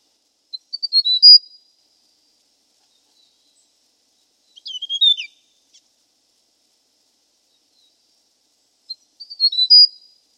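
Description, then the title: Hill prinia phrases about every four seconds: high chirps ending in a whistle, a quick twittering downslurred phrase, then another chirp-and-whistle phrase. No other sounds. "prenjk gnung. Suara burung prenjak gunung"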